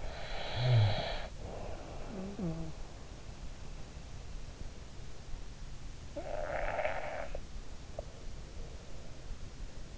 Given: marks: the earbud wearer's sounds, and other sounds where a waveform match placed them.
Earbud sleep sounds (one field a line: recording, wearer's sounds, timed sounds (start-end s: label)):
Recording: sounds in sleep by an in-ear microphone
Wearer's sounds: snoring breath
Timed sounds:
0.00-3.12 s: snoring breath
6.06-8.03 s: snoring breath